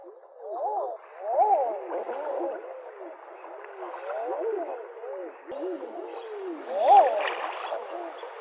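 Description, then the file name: Common eider cooing: repeated low, arched rising-and-falling calls from several birds overlapping. "haahka"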